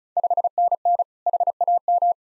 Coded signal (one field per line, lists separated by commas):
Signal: Morse code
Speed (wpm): 36 wpm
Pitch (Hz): 700 Hz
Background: none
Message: 5NN HAM